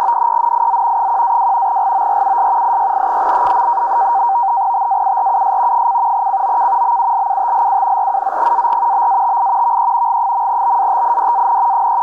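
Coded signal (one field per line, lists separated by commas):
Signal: NAVTEX (SITOR-B)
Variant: SITOR-B, 100 baud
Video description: Transmitindo no sistema SITOR-B boletins meteorológicos em turco e inglês para embarcações.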